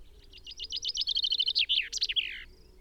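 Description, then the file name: Common chaffinch song: a rapid descending run of high trills ending in a flourish, lasting a little over two seconds. "Fringilla coelebs"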